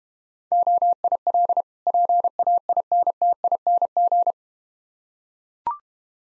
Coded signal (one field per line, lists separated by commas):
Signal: Morse code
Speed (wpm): 32 wpm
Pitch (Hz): 700 Hz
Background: none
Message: OIL PAINTING